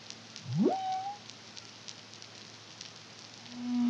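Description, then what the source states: Humpback whale song: a single fast upward sweep flattening into a steady tone, then a low held moan starting at the end. Caribbean, CARIMAM project, 2023.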